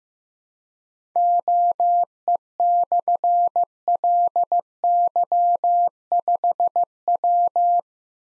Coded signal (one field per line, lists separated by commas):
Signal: Morse code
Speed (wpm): 15 wpm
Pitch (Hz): 700 Hz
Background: none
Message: OE/LY5W